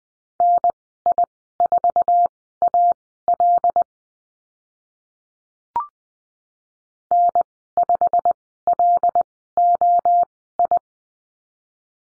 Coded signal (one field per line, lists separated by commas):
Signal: Morse code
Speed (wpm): 20 wpm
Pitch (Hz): 700 Hz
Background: none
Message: NI4AL N5LOI